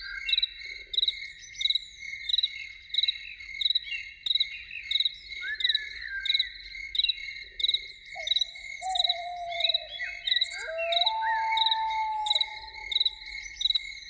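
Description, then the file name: Loon wail drawn out over several seconds, stepping up in pitch midway, beneath loud rhythmic cricket pulses and insect chirps throughout. Evening. "Evening with Loons"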